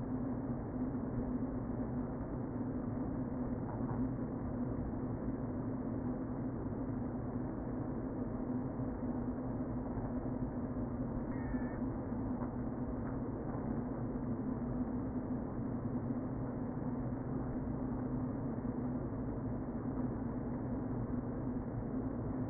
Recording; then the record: honeybee colony, microphone inside the hive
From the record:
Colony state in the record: queen present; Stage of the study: before two queens were removed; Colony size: about 60,000 bees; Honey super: yes